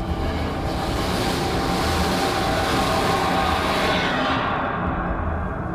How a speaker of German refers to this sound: Während sich meine Augen an die Dunkelheit gewöhnten, spürte ich ein Vibrieren. Ein Zug näherte sich und fegte haarscharf an mir vorbei.